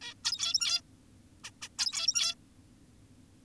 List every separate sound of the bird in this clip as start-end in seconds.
0.02-0.14, 0.24-0.81, 1.44-1.51, 1.62-1.69, 1.79-2.35